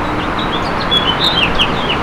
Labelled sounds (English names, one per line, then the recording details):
House Finch song
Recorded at Merrick on Long Island, New York, on 17 May 2013
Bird G